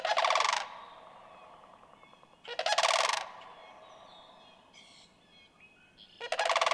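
Sandhill crane producing loud rolling trumpet calls, three bursts with the first and last cut off, with soft high bird notes in the quieter stretch between.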